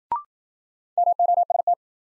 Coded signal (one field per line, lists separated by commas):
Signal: Morse code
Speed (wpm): 53 wpm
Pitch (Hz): 700 Hz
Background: none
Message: MOST